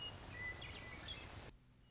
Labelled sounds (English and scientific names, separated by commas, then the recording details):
Western Meadowlark (Sturnella neglecta)
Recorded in Sonoma County, California